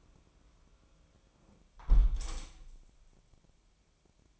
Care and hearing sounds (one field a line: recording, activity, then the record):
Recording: daily activity, microphone in the room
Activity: close window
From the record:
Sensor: 1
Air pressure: 1000.4 hPa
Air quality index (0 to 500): 182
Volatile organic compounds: 4 ppm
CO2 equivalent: 1669 ppm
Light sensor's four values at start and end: 10/25/10/12 and 10/24/10/11